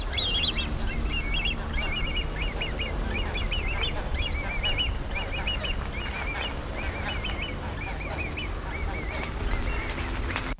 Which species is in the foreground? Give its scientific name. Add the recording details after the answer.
Podiceps cristatus. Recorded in the wild. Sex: diverse. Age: diverse. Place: Eutin, Holsteinische Schweiz, Schleswig-Holstein, DE. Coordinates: 54.132, 10.614. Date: 1992-09-20 17:45. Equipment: Marantz CP 430, Sennheiser ME 80, Kopie Tesla B 116. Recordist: Tembrock, Günter. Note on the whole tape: Eutiner See; Lautfolgen (adulte und juvenile)